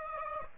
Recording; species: mosquito wingbeat signal from an infrared sensor; Aedes aegypti